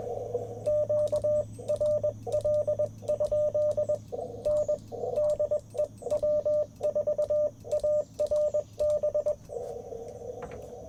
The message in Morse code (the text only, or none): QRL? N DE W4ARB